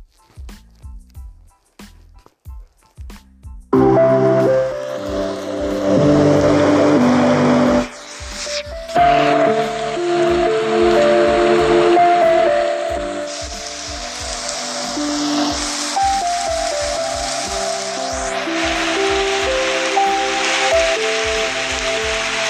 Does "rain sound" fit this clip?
yes